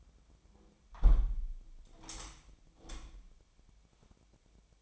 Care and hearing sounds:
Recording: daily activity, microphone in the room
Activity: close window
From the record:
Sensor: 1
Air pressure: 1006.4 hPa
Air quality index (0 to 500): 208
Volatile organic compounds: 24 ppm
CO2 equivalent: 2798 ppm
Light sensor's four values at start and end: 12/31/12/13 and 11/30/11/13

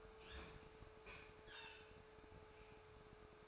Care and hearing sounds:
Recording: daily activity, microphone in the room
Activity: open fridge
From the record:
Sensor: 2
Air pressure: 1004.4 hPa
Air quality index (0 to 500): 186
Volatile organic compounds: 10 ppm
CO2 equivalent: 2230 ppm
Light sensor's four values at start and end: 4/10/4/4 and 4/10/4/4

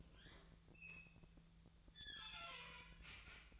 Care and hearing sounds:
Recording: daily activity, microphone in the room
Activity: open fridge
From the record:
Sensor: 3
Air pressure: 1009.6 hPa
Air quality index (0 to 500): 195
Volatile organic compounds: 16 ppm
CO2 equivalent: 2531 ppm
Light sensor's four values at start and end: 34/84/36/38 and 34/85/36/39

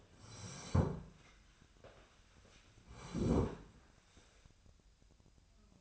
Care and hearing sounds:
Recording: daily activity, microphone in the room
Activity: sit down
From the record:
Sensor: 2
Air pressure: 1015.1 hPa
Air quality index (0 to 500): 142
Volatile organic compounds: 6 ppm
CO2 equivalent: 1838 ppm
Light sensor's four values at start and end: 12/33/13/14 and 12/34/13/14

